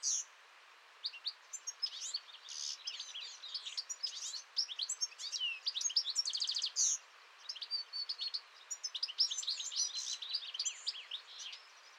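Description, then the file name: European goldfinch song: fast tinkling twitters, liquid trills and buzzy notes in bursts, high-pitched and nearly continuous with short pauses. "Chardonneret-élègant"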